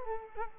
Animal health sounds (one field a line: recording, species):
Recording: mosquito wingbeat signal from an infrared sensor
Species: Culex quinquefasciatus